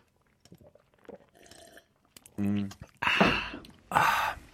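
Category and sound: human body sound, drinking water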